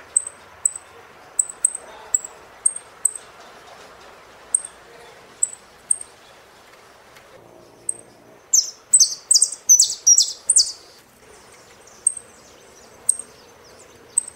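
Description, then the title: Saffron finch song: many thin high chips in pairs and singles, then a loud rapid run of rasping buzzy notes, then chips again. "Jilguero Argentino"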